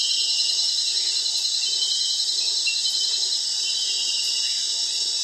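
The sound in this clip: Continuous high-pitched cricket trilling from many insects at once, an even, unbroken shrill drone throughout.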